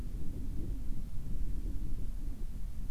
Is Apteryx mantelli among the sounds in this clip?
no